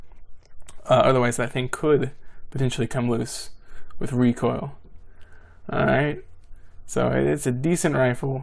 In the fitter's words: flip it all the way back forward make sure it clicks otherwise